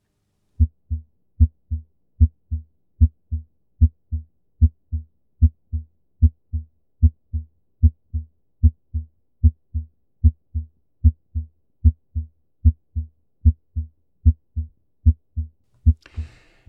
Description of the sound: Two normal heart sounds, the so-called lub and dub. These normal heart sounds are due to valve closure. The first one representing closure of the atrioventricular valves, in other words, mitral and tricuspid, and the second heart sound due to closure of the outflow valves, aortic and pulmonary.